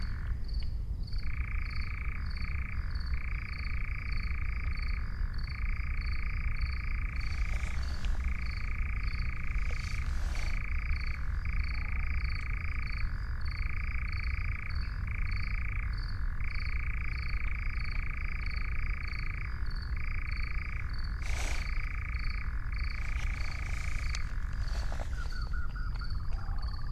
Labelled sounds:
Eurasian Nightjar (Caprimulgus europaeus)
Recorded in the wild
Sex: male
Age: adult
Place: Schönow, Naturpark Barnim, Brandenburg, DE
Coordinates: 52.6914, 13.5069
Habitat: meadow
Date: 2009-06-08 22:10
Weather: heiter, ca. 20 °C
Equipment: Sound Devices 702, Rode NT1-A Stereopaar
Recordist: Frommolt, Karl-Heinz

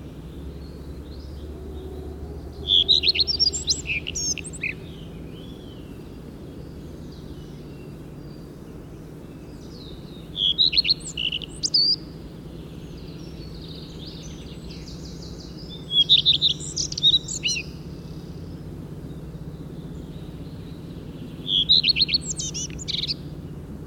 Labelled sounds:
Common Redstart (Phoenicurus phoenicurus) song
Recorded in the wild
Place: Sinaia, Transilvania, RO
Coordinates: 45.331, 25.562
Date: 1976-05-28 06:25
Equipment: Nagra III BH, Sennheiser MD 21, parabola
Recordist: Schubert, Michael

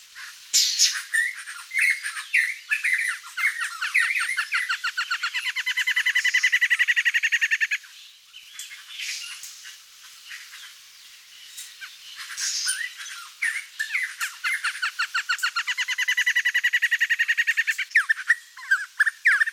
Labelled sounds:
Rufous-naped Wren (Campylorhynchus rufinucha) song
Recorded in the wild
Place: La Pacifica, San José, Umgebung Hotel, CR
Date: 1992-04-15
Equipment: Dat-Recorder Casio DA 7, Telinga DAT, Telinga-Parabolspiegel
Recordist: Schwarz, Dieter
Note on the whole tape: Song

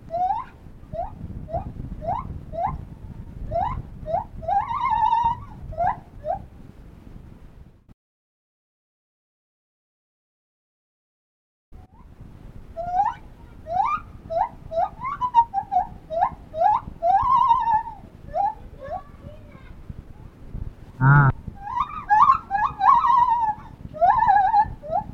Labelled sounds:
Lar Gibbon (Hylobates lar)
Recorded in captivity
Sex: male
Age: adult
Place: Tierpark Berlin, Berlin, DE
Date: 1968-10-19
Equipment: Uher 4200 Report Stereo, Sennheiser MD 421
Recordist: Tembrock, Günter

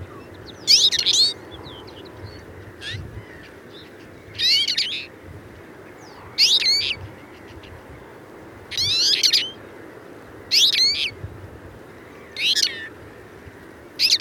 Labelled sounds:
Twite (Carduelis flavirostris) song
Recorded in captivity
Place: Trent, Insel Rügen, Mecklenburg-Vorpommern, DE
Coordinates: 54.534, 13.303
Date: 1976-05-09
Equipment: Nagra III BH, Sennheiser MD 21, parabola
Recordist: Schubert, Michael
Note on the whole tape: Gesang eines gekäfigten Berghänflings

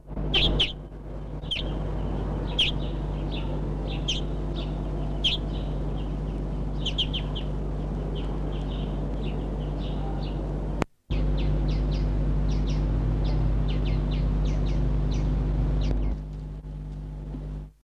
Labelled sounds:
House Sparrow (Passer domesticus) call
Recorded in captivity
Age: adult
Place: Zoologisches Institut der HUB, Berlin, DE
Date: 1968-07-30 12:30
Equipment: BG 26
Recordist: Tembrock, Günter

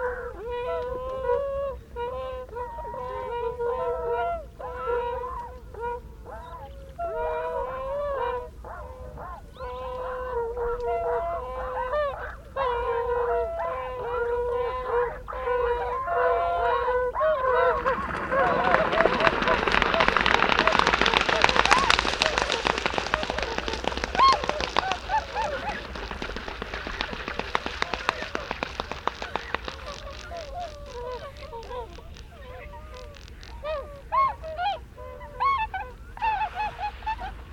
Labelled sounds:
Tundra Swan (Cygnus columbianus) call
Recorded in the wild
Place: Schwerin, Lewitz, Mecklenburg-Vorpommern, DE
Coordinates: 53.636, 11.401
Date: 1975-03-15
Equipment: Nagra III BH, Sennheiser MD 21, parabola
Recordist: Schubert, Michael

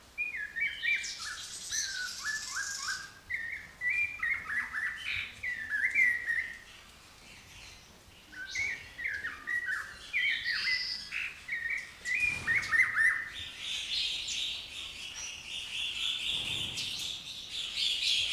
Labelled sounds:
Snowy-crowned Robin-Chat (Cossypha niveicapilla) song
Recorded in captivity
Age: adult
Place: Zoo Berlin, Berlin, DE
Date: 2003-01-17 16:20
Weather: fair, 5°C
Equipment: Nagra SN, Kopie Uher 4000 Report Monitor
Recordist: Tembrock, Günter
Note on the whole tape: Gesang (Entfernung ca. 50 cm)

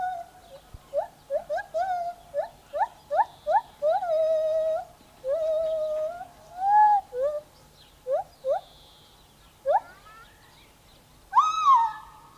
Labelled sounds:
Lar Gibbon (Hylobates lar) song
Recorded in captivity
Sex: male
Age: diverse
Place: Tierpark Berlin, Berlin, DE
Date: 1981-04-18
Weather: sonnig 1°C
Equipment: Nagra SN, Kopie Uher 4200
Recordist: Tembrock, Günter

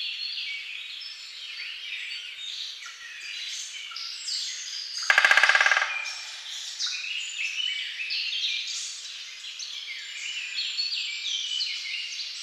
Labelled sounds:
Great Spotted Woodpecker (Dendrocopos major) drumming
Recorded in the wild
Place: Lilienhof / Kaiserstuhl, Baden-Württemberg, DE
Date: 2009-05-02
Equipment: MiniDisc Sharp MT 20 H
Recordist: Schwarz, Dieter

